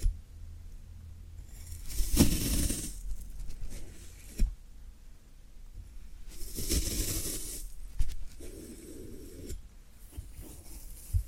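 Floral foam being handled, with bursts of bright, dry crunching and hissing scraping around 2 to 3 seconds and again from about 6.5 to 7.5 seconds. Quieter rustles and a few sharp clicks fall between, over a low, steady rumble.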